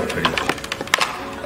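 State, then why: Seated. A universal face-shield visor is fitted onto a forestry helmet by pressing its plastic pivots into the helmet's side mount. A few light taps and clicks come at about 0.2 to 0.5 seconds, then a sharp, loud click at 0.9 seconds as the pivot seats and the visor is mounted.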